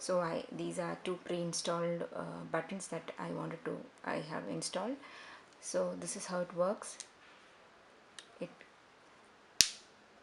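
Someone talks, then after a quiet stretch with a few faint handling clicks, the male half of a pre-installed plastic snap button on fabric is pressed into its female half. It closes with a single sharp, loud snap at 9.6 s, and the button is seated.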